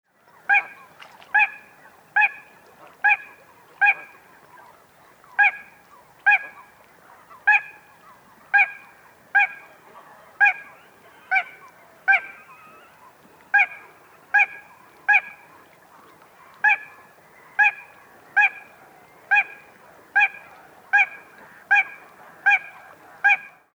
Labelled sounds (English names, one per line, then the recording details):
Little Crake
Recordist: Frommolt, Karl-Heinz
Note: Männchen: Rufreihen